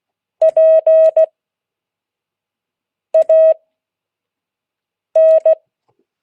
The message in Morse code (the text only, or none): PAN